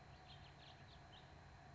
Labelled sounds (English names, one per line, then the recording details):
House Finch
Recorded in Sonoma County, California